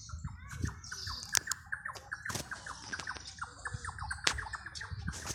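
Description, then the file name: Bird squawks in a fast repeated series of short, harsh, dropping notes, several each second, over background rumble with occasional sharp clicks. In a park. "nino llorando y pajaros parque las mojarras"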